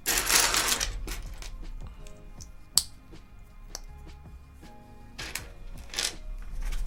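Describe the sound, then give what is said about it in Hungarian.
A bag of small plastic parts rattles and crinkles in bursts, loud at the start and again near the end, with scattered sharp clicks and taps in between. No one speaks. “Ez még mindig csak kis műanyag alkatrészeket tartalmazó zacskó cica.”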